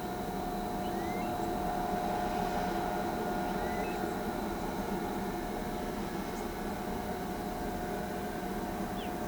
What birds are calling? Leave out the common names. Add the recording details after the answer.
none. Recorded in pastures near Pivijay, Magdalena, Colombia, on 16 April 2023 at 08:00. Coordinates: 10.456, -74.369. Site P6-G026